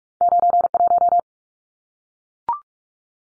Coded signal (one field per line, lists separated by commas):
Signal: Morse code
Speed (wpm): 44 wpm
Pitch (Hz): 700 Hz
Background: none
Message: 91